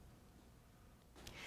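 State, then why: Seated. A folded rear seat back rest section of a BMW X5 Sports Activity Vehicle is returned to its upright position, its latch engaging the seat frame catch. After a low steady background, a brief rise of broadband noise leads into a single sharp click at 1.3 s. The back rest latches upright.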